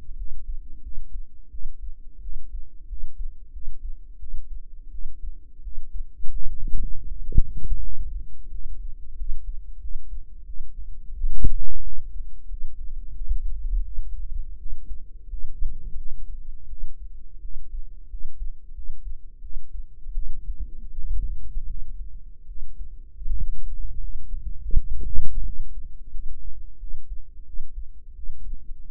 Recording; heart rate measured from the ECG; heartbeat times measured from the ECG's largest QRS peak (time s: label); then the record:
heart sounds by microphone in the right ear; 86 bpm
0.16 s: heartbeat
0.82 s: heartbeat
1.50 s: heartbeat
2.21 s: heartbeat
2.88 s: heartbeat
3.52 s: heartbeat
4.19 s: heartbeat
4.91 s: heartbeat
5.63 s: heartbeat
6.31 s: heartbeat
7.07 s: heartbeat
7.82 s: heartbeat
8.50 s: heartbeat
9.16 s: heartbeat
9.80 s: heartbeat
10.45 s: heartbeat
11.13 s: heartbeat
11.83 s: heartbeat
12.48 s: heartbeat
13.14 s: heartbeat
13.84 s: heartbeat
14.57 s: heartbeat
15.29 s: heartbeat
15.96 s: heartbeat
16.68 s: heartbeat
17.41 s: heartbeat
18.09 s: heartbeat
18.74 s: heartbeat
19.41 s: heartbeat
20.15 s: heartbeat
20.90 s: heartbeat
21.66 s: heartbeat
22.46 s: heartbeat
23.25 s: heartbeat
23.99 s: heartbeat
24.74 s: heartbeat
25.44 s: heartbeat
26.10 s: heartbeat
26.79 s: heartbeat
27.45 s: heartbeat
28.14 s: heartbeat
28.89 s: heartbeat
From the record:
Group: healthy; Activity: rest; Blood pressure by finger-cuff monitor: 109/59 mmHg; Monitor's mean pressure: 75 mmHg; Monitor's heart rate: 87 bpm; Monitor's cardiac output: 8.1 L/min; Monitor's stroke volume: 94 mL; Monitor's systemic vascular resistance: 660 dyn s/cm5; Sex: female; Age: 19 years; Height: 163 cm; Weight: 48.9 kg